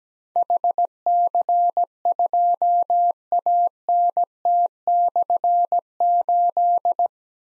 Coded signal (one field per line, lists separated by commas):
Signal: Morse code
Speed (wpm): 17 wpm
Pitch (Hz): 700 Hz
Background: none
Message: HC2ANT/8